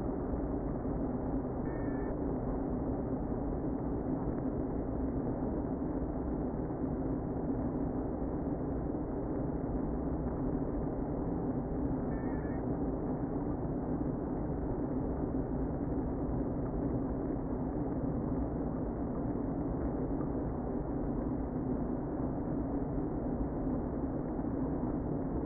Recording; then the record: honeybee colony, microphone inside the hive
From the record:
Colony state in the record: queen present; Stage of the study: before two queens were removed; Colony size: about 60,000 bees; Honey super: yes